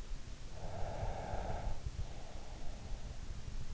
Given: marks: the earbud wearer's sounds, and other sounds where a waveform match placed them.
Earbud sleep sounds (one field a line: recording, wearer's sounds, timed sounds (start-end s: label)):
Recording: sounds in sleep by an in-ear microphone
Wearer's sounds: breath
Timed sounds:
0.28-3.74 s: breath